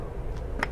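The clip on a gasketed, weather-sealed LI-870 USB cable connector is pressed to release it from the instrument port of a Smart Chamber or LI-8250. A single sharp tick sounds at 0.6 s over a low, steady background hum. The connector clip releases, so it can slide out of the port.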